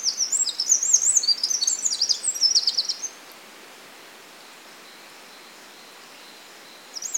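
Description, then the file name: Eurasian wren song, a three-second outpouring of fast, shrill trills and warbled notes, then quiet, with a new burst just starting at the end. "Troglodytes troglodytes"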